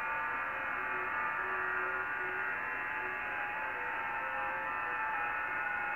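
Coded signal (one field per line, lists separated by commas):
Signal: FT8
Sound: hissy receiver passband with many faint overlapping warbling tones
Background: radio static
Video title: VP2VB, British Virgin Islands, Caribbean Sea, 14MHz, FT8, Worked by HL2WA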